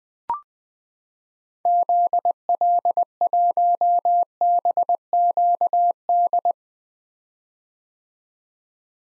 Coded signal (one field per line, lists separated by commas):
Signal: Morse code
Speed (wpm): 20 wpm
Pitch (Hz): 700 Hz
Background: none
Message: ZL1BQD